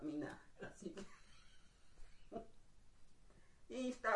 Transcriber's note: laughter